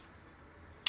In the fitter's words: you'll hear an audible click